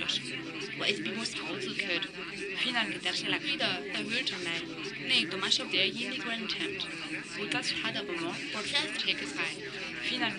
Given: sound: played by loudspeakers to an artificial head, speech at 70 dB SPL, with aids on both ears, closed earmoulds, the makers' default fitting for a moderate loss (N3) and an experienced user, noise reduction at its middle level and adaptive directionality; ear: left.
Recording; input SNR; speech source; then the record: speech test signal (ISTS) in cocktail-party noise; -3 dB; in front (0 degrees)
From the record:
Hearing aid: class 2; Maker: D